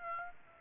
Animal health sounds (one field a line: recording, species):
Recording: mosquito wingbeat signal from an infrared sensor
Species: Aedes aegypti